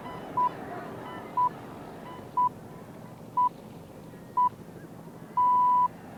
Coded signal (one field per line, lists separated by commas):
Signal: radio time signal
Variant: time pips